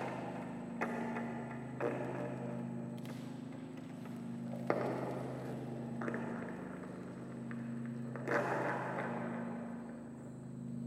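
A field recording with a steady low hum running throughout, layered with a busy wash of mid and bright noise. Louder swells and a few sharp thumps arrive irregularly, notably near 5 and 8 seconds, amid a continuous murmur resembling passing vehicles.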